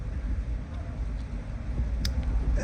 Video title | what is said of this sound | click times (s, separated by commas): Windstar, Freestar transmission speed sensor replacement drivers side2023-11-11 10:26:55 | and you hear the click and that | 2.0 s